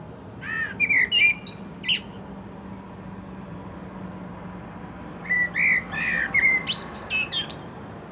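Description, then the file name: Common blackbird song phrases of mellow whistled notes and high squeaky twitters, heard twice, over a steady low rumbling background hum. "Turdus merula"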